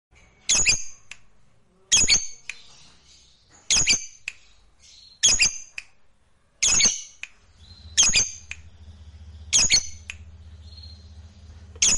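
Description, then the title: Lovebird squawks, harsh high screeches about every one and a half seconds, with a low steady hum underneath in the second half. Fighter-type lovebird singing energetically, in the gacor style. "SUARA Lovebird FIGHTER GACOR"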